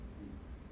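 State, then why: Not seated. A crimped wire pin is pushed into a small plastic connector housing with the end of a knife, but the pin's retaining tab fails to catch under the housing latch. A faint, brief tick is heard at about 0.3 s over a low, steady background hum. Nothing has seated or clicked yet.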